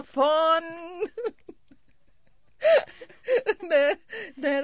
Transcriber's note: they laugh